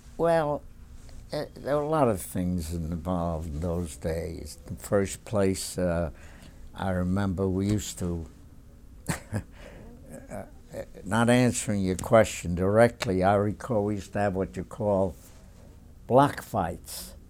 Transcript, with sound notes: Well, there were a lot of things involved in those days. In the first place, I remember we used to, ( he laughs ) not answering your question directly, I remember we used to have what we'd call block fights.